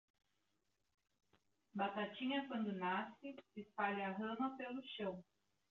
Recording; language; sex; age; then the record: short text; Brazilian Portuguese; female; 20 to 29 years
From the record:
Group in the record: control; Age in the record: 25 years